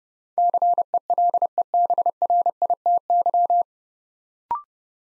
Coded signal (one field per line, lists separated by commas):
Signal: Morse code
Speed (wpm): 30 wpm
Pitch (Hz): 700 Hz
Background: none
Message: CELEBRITY